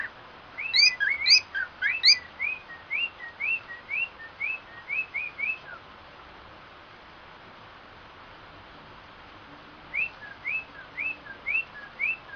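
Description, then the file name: Cockatiel song of quick upward-slurred whistles, a busy chirpy start followed by an even run of notes, a long silence, then five more rising whistles. White-faced variety; song. "canto da calopsita cara branca"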